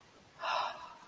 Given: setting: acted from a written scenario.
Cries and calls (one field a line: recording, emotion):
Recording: vocal sound without words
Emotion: serenity